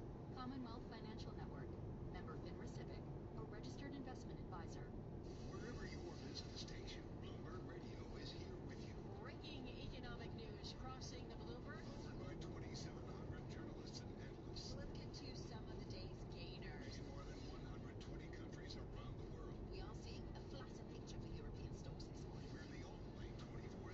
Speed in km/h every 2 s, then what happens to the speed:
48, 50, 50, 51, 51, 52, 53, 52, 52, 50, 48, 47.
0-13 steady at about 51. 13-24 slows to 47.